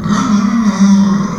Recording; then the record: squeal of a Yucatan mini pig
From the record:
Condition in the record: after surgery on the right vocal fold (resection and tissue-engineered implant); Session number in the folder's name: 14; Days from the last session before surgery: 133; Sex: female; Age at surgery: 19 weeks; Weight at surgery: 25 kg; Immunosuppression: prednisolone